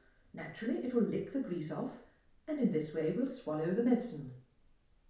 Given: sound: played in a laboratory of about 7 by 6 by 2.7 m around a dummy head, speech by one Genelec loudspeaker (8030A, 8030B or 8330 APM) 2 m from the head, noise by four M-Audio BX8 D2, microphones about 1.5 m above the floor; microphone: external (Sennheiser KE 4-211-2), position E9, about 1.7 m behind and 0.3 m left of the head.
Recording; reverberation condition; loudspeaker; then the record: female speech in English; medium; 120 degrees to the right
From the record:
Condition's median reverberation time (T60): about 510 ms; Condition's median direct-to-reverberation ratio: about -0.5 dB